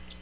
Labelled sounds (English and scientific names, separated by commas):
Magnolia Warbler (Setophaga magnolia) flight call